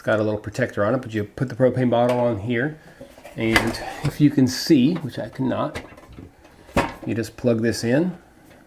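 Someone talks while handling a propane bottle adapter fitting with a little protector on it, bringing it toward the gas inlet on a portable camp stove, where it only goes in at the right angle. Brief clattering handling knocks are heard among the talk, including sharper ones around 1.4 s, 3.6 s and 6.8 s. Nothing has seated or clicked yet.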